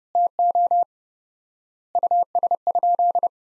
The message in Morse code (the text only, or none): TO US?